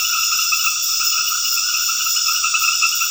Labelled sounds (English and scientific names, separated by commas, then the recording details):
none
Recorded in dense forest near Puerto Asís, Putumayo, Colombia, on 18 February 2024 at 22:00
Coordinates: 0.496, -76.326
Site G6383